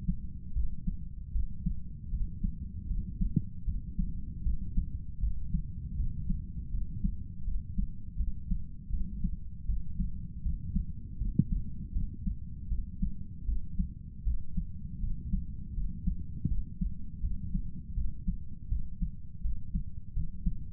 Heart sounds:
heart sounds by stethoscope; 80 bpm
0.53 s: heartbeat
1.32 s: heartbeat
2.10 s: heartbeat
2.87 s: heartbeat
3.65 s: heartbeat
4.43 s: heartbeat
5.20 s: heartbeat
5.96 s: heartbeat
6.71 s: heartbeat
7.44 s: heartbeat
8.17 s: heartbeat
8.90 s: heartbeat
9.66 s: heartbeat
10.42 s: heartbeat
11.18 s: heartbeat
11.92 s: heartbeat
12.68 s: heartbeat
13.45 s: heartbeat
14.24 s: heartbeat
15.00 s: heartbeat
15.74 s: heartbeat
16.48 s: heartbeat
17.20 s: heartbeat
17.94 s: heartbeat
18.68 s: heartbeat
19.41 s: heartbeat
20.13 s: heartbeat
From the record:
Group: healthy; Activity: cold pressor test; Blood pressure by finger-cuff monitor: 119/71 mmHg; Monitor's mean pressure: 85 mmHg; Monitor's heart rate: 80 bpm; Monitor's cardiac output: 7.5 L/min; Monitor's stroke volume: 94 mL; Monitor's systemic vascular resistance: 820 dyn s/cm5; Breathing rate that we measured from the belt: 13 breaths a minute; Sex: male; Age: 35 years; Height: 180 cm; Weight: 86.9 kg

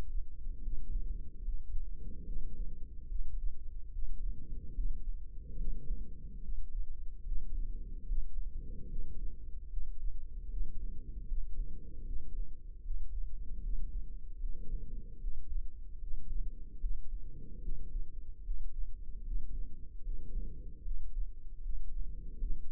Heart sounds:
heart sounds by microphone in the left ear; 74 bpm
0.61 s: heartbeat
1.42 s: heartbeat
2.24 s: heartbeat
3.06 s: heartbeat
3.90 s: heartbeat
4.73 s: heartbeat
5.56 s: heartbeat
6.40 s: heartbeat
7.23 s: heartbeat
8.05 s: heartbeat
8.87 s: heartbeat
9.68 s: heartbeat
10.48 s: heartbeat
11.26 s: heartbeat
12.04 s: heartbeat
12.82 s: heartbeat
13.60 s: heartbeat
14.38 s: heartbeat
15.19 s: heartbeat
15.99 s: heartbeat
16.78 s: heartbeat
17.60 s: heartbeat
18.42 s: heartbeat
19.23 s: heartbeat
20.02 s: heartbeat
20.82 s: heartbeat
21.60 s: heartbeat
22.38 s: heartbeat
From the record:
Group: healthy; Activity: rest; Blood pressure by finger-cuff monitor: 102/74 mmHg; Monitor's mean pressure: 84 mmHg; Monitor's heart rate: 74 bpm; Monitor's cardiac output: 5.5 L/min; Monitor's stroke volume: 74 mL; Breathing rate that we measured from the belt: 20 breaths a minute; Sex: female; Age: 32 years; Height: 172 cm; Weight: 71.7 kg

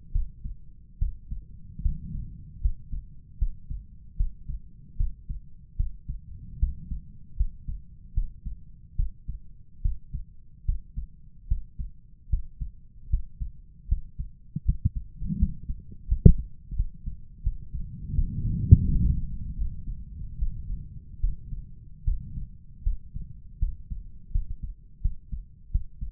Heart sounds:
heart sounds by stethoscope; 77 bpm
0.11 s: heartbeat
0.98 s: heartbeat
1.81 s: heartbeat
2.60 s: heartbeat
3.38 s: heartbeat
4.16 s: heartbeat
4.96 s: heartbeat
5.76 s: heartbeat
6.59 s: heartbeat
7.36 s: heartbeat
8.13 s: heartbeat
8.95 s: heartbeat
9.81 s: heartbeat
10.65 s: heartbeat
11.47 s: heartbeat
12.29 s: heartbeat
13.09 s: heartbeat
13.87 s: heartbeat
14.64 s: heartbeat
15.38 s: heartbeat
16.07 s: heartbeat
16.75 s: heartbeat
17.42 s: heartbeat
18.14 s: heartbeat
18.86 s: heartbeat
19.56 s: heartbeat
20.38 s: heartbeat
21.20 s: heartbeat
22.04 s: heartbeat
22.82 s: heartbeat
23.58 s: heartbeat
24.31 s: heartbeat
25.01 s: heartbeat
25.71 s: heartbeat
From the record:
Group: healthy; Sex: male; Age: 35 years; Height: 178 cm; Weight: 64 kg

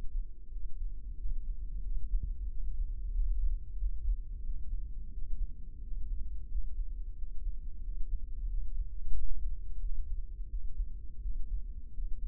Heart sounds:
heart sounds by microphone in the left ear; 89 bpm
0.53 s: heartbeat
1.19 s: heartbeat
1.85 s: heartbeat
2.50 s: heartbeat
3.15 s: heartbeat
3.80 s: heartbeat
4.45 s: heartbeat
5.14 s: heartbeat
5.83 s: heartbeat
6.51 s: heartbeat
7.18 s: heartbeat
7.84 s: heartbeat
8.50 s: heartbeat
9.15 s: heartbeat
9.82 s: heartbeat
10.51 s: heartbeat
11.23 s: heartbeat
11.95 s: heartbeat
From the record:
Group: healthy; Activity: rest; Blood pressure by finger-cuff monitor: 145/88 mmHg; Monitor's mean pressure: 102 mmHg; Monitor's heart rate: 91 bpm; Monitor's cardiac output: 7.5 L/min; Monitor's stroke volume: 82 mL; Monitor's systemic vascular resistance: 1010 dyn s/cm5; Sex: male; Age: 21 years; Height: 175 cm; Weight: 72.6 kg

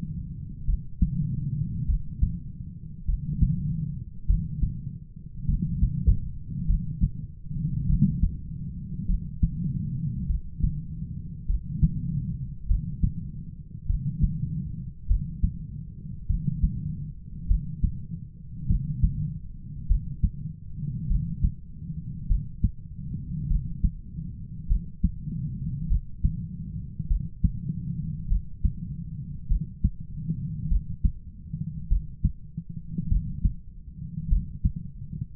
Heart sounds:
heart sounds by stethoscope; 50 bpm
0.64 s: heartbeat
1.84 s: heartbeat
3.04 s: heartbeat
4.25 s: heartbeat
5.45 s: heartbeat
6.65 s: heartbeat
7.85 s: heartbeat
9.05 s: heartbeat
10.25 s: heartbeat
11.45 s: heartbeat
12.65 s: heartbeat
13.85 s: heartbeat
15.06 s: heartbeat
16.26 s: heartbeat
17.46 s: heartbeat
18.66 s: heartbeat
19.86 s: heartbeat
21.06 s: heartbeat
22.26 s: heartbeat
23.46 s: heartbeat
24.66 s: heartbeat
25.86 s: heartbeat
27.06 s: heartbeat
28.27 s: heartbeat
29.47 s: heartbeat
30.67 s: heartbeat
31.87 s: heartbeat
33.07 s: heartbeat
34.27 s: heartbeat
From the record:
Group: heart failure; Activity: rest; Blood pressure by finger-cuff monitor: 69/43 mmHg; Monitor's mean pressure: 54 mmHg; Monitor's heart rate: 50 bpm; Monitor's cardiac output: 4 L/min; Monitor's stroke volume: 81 mL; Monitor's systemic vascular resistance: 930 dyn s/cm5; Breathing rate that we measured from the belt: 27 breaths a minute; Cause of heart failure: dilated cardiomyopathy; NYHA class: 3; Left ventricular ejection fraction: 27%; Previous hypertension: present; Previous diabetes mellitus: present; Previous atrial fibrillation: present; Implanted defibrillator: present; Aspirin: present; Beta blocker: bisoprolol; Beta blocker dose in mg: 1.25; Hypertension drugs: sacubitril-valsartan, spironolactone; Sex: female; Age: 39 years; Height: 170 cm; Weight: 64 kg

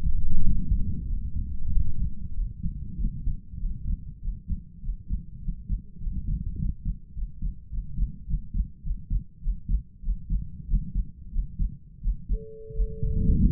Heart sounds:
heart sounds by stethoscope; 96 bpm
0.40 s: heartbeat
1.05 s: heartbeat
1.69 s: heartbeat
2.33 s: heartbeat
2.96 s: heartbeat
3.58 s: heartbeat
4.20 s: heartbeat
4.81 s: heartbeat
5.40 s: heartbeat
5.99 s: heartbeat
6.57 s: heartbeat
7.13 s: heartbeat
7.69 s: heartbeat
8.26 s: heartbeat
8.82 s: heartbeat
9.40 s: heartbeat
10.01 s: heartbeat
10.66 s: heartbeat
11.30 s: heartbeat
12.00 s: heartbeat
12.73 s: heartbeat
13.49 s: heartbeat
From the record:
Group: healthy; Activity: rest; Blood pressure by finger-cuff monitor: 79/50 mmHg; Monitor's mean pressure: 59 mmHg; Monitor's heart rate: 94 bpm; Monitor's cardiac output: 6.2 L/min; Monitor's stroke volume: 65 mL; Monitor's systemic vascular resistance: 640 dyn s/cm5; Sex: male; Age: 22 years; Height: 181 cm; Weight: 60 kg

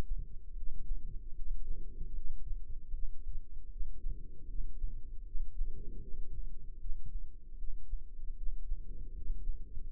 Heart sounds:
heart sounds by microphone in the left ear; 77 bpm
0.55 s: heartbeat
1.34 s: heartbeat
2.13 s: heartbeat
2.91 s: heartbeat
3.69 s: heartbeat
4.47 s: heartbeat
5.24 s: heartbeat
6.00 s: heartbeat
6.78 s: heartbeat
7.56 s: heartbeat
8.35 s: heartbeat
9.13 s: heartbeat
9.90 s: heartbeat
From the record:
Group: healthy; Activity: rest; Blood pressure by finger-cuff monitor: 102/68 mmHg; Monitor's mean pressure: 80 mmHg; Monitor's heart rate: 77 bpm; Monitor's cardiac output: 5.3 L/min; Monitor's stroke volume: 70 mL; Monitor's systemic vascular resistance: 1100 dyn s/cm5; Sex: female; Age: 43 years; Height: 160 cm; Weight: 90 kg

